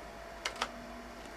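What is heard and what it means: A metal part is pushed back hard onto a Mauser bolt-action rifle during reassembly after field stripping. Two short, sharp handling ticks are heard at about 0.5 and 0.6 seconds over a quiet background. Nothing has seated or clicked into place yet.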